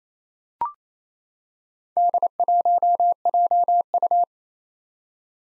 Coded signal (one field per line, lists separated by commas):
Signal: Morse code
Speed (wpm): 27 wpm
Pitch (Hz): 700 Hz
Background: none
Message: D1JU